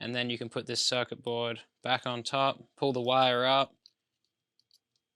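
Someone talks while the circuit board of an Xbox One controller is put back on top of the front shell and a wire is pulled up, ready to press the board down onto a small plastic clip in the middle. Speech fills the first 3.7 seconds, followed by near silence with two faint ticks at about 4.6 and 4.7 seconds. Nothing has seated or clicked yet.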